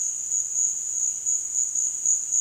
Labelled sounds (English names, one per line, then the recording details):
none
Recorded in dense forest near Puerto Asís, Putumayo, Colombia, on 22 June 2025 at 15:30
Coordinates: 0.466, -76.327
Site GP04